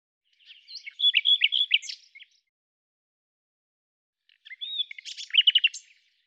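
Bird song in two phrases: warbled high notes, then a run of rapid falling chirps.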